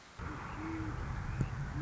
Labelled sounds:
Great Horned Owl

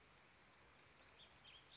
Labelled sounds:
Western Flycatcher

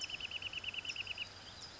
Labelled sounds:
California Towhee

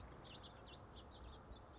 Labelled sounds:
House Finch

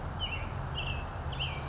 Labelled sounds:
Western Tanager

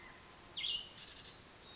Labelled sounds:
Cassin's Vireo

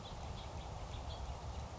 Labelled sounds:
House Finch

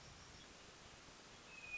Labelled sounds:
Hermit Thrush

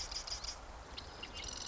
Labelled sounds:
Marsh Wren

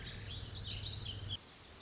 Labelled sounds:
Lazuli Bunting

